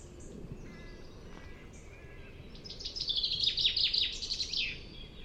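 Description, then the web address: Bird song: after a quiet stretch with faint calls, a rapid high twittering phrase of chirps and downslurs runs for about two seconds. "Bird Only"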